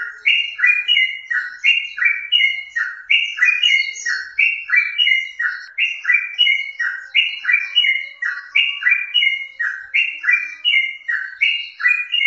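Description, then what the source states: Yellow-vented bulbul giving a steady run of many repeated chattering phrases, unbroken for about twelve seconds. Wild bird.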